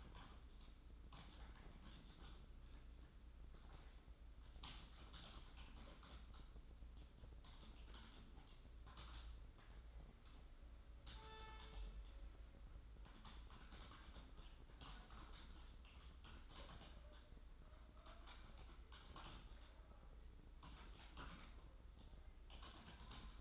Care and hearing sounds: daily activity, microphone in the room; typing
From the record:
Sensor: 3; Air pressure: 994.4 hPa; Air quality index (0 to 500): 205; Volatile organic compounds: 1000 ppm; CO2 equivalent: 6802 ppm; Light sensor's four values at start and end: 85/199/82/79 and 84/197/82/78

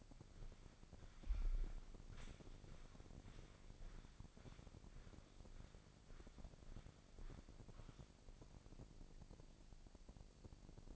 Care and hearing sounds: daily activity, microphone in the room; walk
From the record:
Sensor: 5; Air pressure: 1009.4 hPa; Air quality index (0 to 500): 151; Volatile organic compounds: 2 ppm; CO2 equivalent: 1171 ppm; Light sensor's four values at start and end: 359/857/369/410 and 359/855/368/409

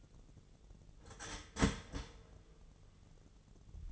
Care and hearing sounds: daily activity, microphone in the room; start toaster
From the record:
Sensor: 4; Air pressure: 1001.0 hPa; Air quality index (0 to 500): 164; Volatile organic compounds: 2 ppm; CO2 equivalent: 1196 ppm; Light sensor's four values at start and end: 21/49/20/21 and 17/38/16/17

